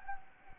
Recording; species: mosquito wingbeat signal from an infrared sensor; Anopheles gambiae